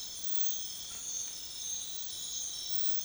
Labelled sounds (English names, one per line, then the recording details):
none
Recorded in secondary vegetation near Puerto Asís, Putumayo, Colombia, on 28 February 2025 at 04:00
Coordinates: 0.500, -76.326
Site GP04